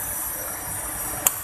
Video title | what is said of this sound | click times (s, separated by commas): เปลี่ยนน๊อตป้อมมีดกลึง สกรูยึดมีดกลึง | บางคนอาจจะไม่รู้นะครับนี่มันจะดังแก๊กนี่มั้ครับ | 1.3 s